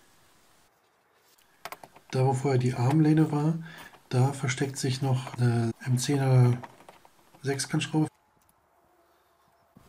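An electric power window switch is levered out of a car door trim panel with a pry tool, and its plastic clips release with sharp snaps at 1.7 and 1.7 seconds, followed by a few smaller clicks. Someone then talks over a quiet background as the switch comes free of the panel.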